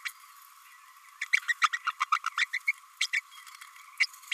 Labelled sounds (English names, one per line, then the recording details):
Green-rumped Parrotlet babbling
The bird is a female
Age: 27 days
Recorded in a nest box in Venezuela
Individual 17B32A5